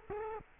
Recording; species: mosquito wingbeat signal from an infrared sensor; Culex quinquefasciatus